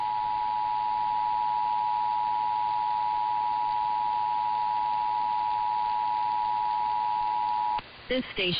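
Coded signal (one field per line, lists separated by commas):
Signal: Emergency Alert System (SAME) tones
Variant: 853 and 960 Hz attention tone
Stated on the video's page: EAS required weekly and monthly tests.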